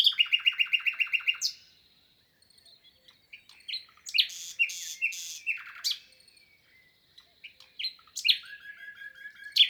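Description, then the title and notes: Common nightingale song beginning with a fast rhythmic series of repeated notes, followed by harsh rasping bursts and trilled phrases. Song recorded 22 April 2020 at Lesches-en-Diois, France, the third recording since the birds' arrival, in silence from human noise; stereo, Nagra Seven recorder with MKH8040 microphones. "22 avril 2020-Lesches en diois_ Nagra seven - mkh8040 stéréo Cette année restera pour moi exceptionnelle pour le chant du Rossignol Philomène (Luscinia megarhynchos)"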